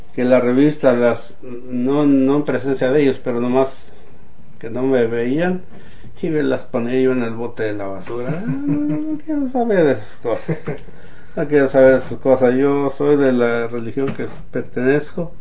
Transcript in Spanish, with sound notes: las revistas las, no en presencia de ellos, pero nomás que no me veían, iba y las ponía yo en el bote de la basura. (risas) No quiero saber esas cosas. (risas) No quiero saber de esas cosas, yo soy de la religión que pertenezco